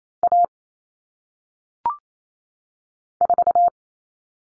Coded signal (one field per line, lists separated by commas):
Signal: Morse code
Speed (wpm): 28 wpm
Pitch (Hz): 700 Hz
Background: none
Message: A 4